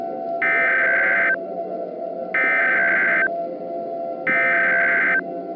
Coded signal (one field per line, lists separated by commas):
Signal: Emergency Alert System (SAME) tones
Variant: header bursts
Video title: The Reawakening - EAS Scenario